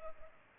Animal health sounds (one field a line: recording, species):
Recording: mosquito wingbeat signal from an infrared sensor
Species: Culex pipiens